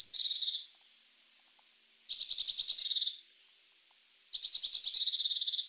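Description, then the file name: Eurasian blue tit giving buzzy, churring trills, each about a second long and repeated roughly every two seconds, with quiet gaps between. "Cyanistes caeruleus"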